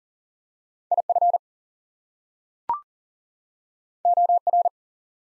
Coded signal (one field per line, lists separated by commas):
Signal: Morse code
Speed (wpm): 38 wpm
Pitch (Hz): 700 Hz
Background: none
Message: IF OR